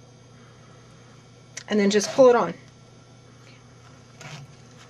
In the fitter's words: slide it in and you can kind of hear it click